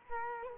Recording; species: mosquito wingbeat signal from an infrared sensor; Culex quinquefasciatus